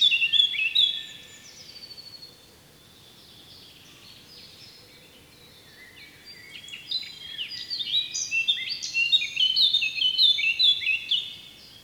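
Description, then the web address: Eurasian blackcap song opening with a brief warble, then near silence, then a long, building sequence of quick, high, chattering and whistled notes. "SETE data Sylvia atricapilla"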